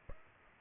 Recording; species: mosquito wingbeat signal from an infrared sensor; Aedes aegypti